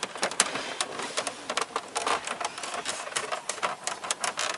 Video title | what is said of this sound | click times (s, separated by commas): F150 Stereo Install - Double DIN Soundstream Part 1 | nice just pops | 0.4 s